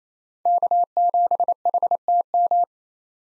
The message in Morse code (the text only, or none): K7HTM